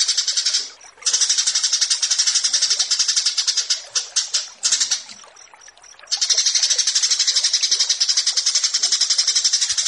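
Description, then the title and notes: Horsfield's bush lark song: dense, harsh buzzy pulses repeated rapidly for long stretches, broken by short pauses holding thin high notes. Song tutoring (masteran) for training kept birds, set against 'burger' sounds. "Branjangan VS BURGER Masteran. burung BRANJANGAN"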